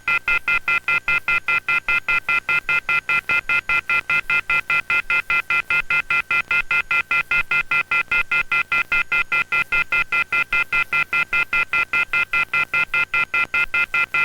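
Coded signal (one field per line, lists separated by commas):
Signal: telephone call progress tone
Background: music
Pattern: off-hook warning tone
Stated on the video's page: EAS activation interrupting local cable during a tornado outbreak, recorded live.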